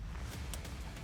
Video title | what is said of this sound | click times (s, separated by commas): Morimoto 4Banger Fog Light for the 2019+ Ram 1500 - Install and Review | don't forget to plug this back in make sure you hear a click and then lock the red tab down just like that | 0.5 s